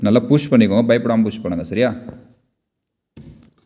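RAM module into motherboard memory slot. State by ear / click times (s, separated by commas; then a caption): seated / 3.2 s. A half-seated RAM module is pushed firmly into a motherboard memory slot. Someone talks until about 2.3 s, then after a pause a sharp click sounds at 3.2 s with a few faint ticks just after. The RAM stick is pushed fully home and seated.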